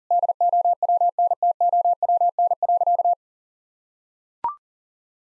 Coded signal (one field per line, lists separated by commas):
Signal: Morse code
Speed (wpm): 40 wpm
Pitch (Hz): 700 Hz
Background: none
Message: DOWNTOWN.